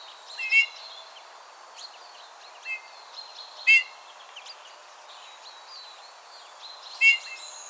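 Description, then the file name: Eurasian bullfinch giving three short, clear piped notes spaced a few seconds apart, with faint chirping of other birds in the background. "Pyrrhula pyrrhula"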